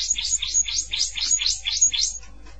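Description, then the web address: Canary song: a fast rolling trill of high buzzy notes, about four per second, over a faint low hum. "honarfardi Canary Sound"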